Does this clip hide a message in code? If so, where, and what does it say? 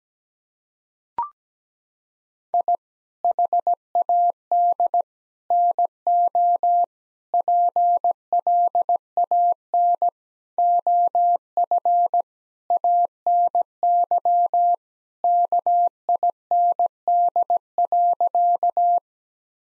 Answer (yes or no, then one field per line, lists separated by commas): yes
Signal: Morse code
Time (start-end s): 2.5-19.0 s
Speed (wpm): 17 wpm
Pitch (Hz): 700 Hz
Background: none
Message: I HAD NO PLAN OF ANY KIND.